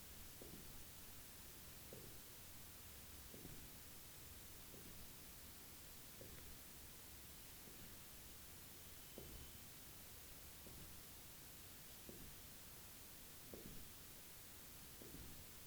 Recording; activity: daily activity, guitar pickup as the sensor; jump